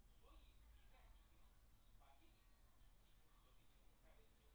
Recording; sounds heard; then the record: poultry house recording; no chicken sound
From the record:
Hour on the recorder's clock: 17